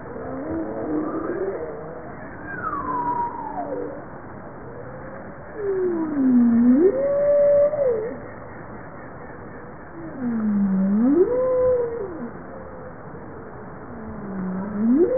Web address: Bowhead